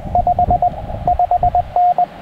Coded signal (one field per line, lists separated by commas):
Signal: Morse code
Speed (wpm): 20 wpm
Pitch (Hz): 700 Hz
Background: radio noise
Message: 5 5N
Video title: Why my SOTA antenna is a linked dipole